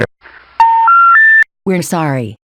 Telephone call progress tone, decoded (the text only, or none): special information tone